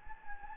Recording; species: mosquito wingbeat signal from an infrared sensor; Anopheles gambiae